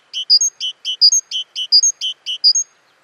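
Great tit calls: bright, tonal high notes in quick clusters, repeated steadily, with a quiet background.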